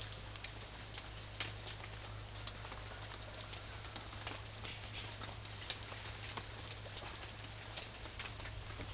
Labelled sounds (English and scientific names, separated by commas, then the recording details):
none
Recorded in secondary vegetation near Puerto Asís, Putumayo, Colombia, on 24 June 2025 at 14:30
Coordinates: 0.500, -76.326
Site GP08